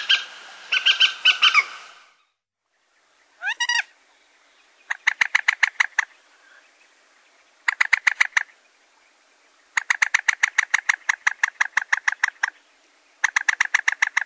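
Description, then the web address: Common moorhen opening with a harsh, grating burst, then an upslurred note, followed by long rapid series of sharp clucking notes in repeated bursts. "Gallinule. poule d'eau"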